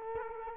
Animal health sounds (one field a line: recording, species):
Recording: mosquito wingbeat signal from an infrared sensor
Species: Culex quinquefasciatus